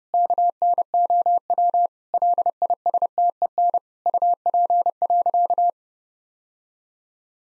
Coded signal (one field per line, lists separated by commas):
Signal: Morse code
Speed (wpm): 32 wpm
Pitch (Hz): 700 Hz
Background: none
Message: KNOW LISTEN UP.